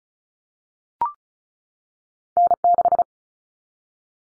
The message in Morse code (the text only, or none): N6